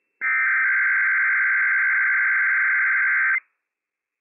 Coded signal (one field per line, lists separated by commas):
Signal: Emergency Alert System (SAME) tones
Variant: header bursts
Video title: Inland Northwest RWT - WWF56 - EAS #157 - 10:46 AM PDT 8/17/21